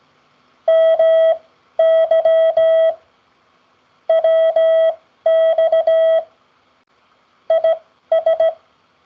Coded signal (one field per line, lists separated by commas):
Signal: Morse code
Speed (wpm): 17 wpm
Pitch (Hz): 650 Hz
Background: none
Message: MY WX IS